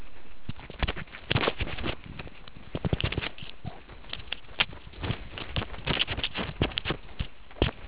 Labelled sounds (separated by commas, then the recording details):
meerkat close call
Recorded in the Kuruman River Reserve, South Africa
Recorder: an audio tag on a meerkat's collar